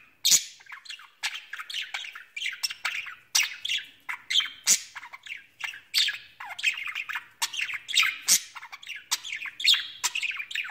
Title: Budgie Sounds